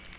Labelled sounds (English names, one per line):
Ovenbird flight call